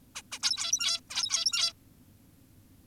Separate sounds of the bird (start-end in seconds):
0.15-0.22, 0.32-0.39, 0.43-1.01, 1.10-1.73